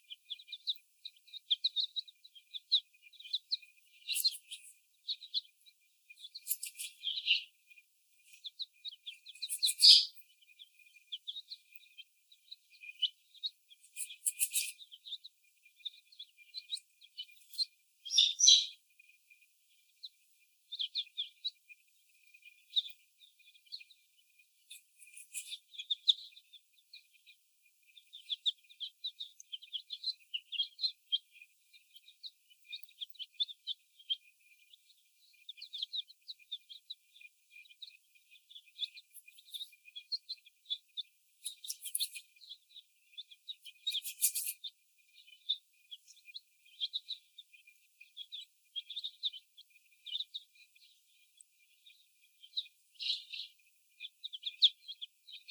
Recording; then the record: young laying hens in a cage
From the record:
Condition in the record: before the stressor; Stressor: sudden umbrella opening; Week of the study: 1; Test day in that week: 1